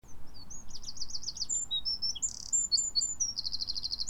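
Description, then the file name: Eurasian wren song: rapid high-pitched trills and sharp chips, one trill near the start, a dense burst midway and another fast trill at the end, over low rumble. "Troglodytes troglodytes"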